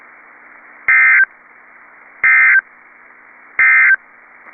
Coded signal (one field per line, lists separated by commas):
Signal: Emergency Alert System (SAME) tones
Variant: end-of-message bursts